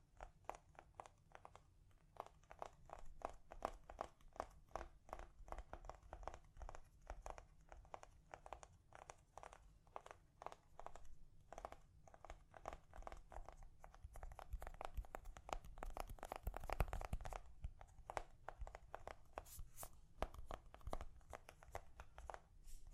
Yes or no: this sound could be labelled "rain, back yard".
no